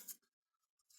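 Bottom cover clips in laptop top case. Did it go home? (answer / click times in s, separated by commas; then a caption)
released / 0.1 s. A guitar pick is wiggled between the top case and the plastic bottom cover of an HP Envy x360 15m laptop, prying at the bottom cover clips in the top case. A sharp click at 0.1 s is followed by faint scraping and a louder scratchy rustle near the end. The clips release and come loose.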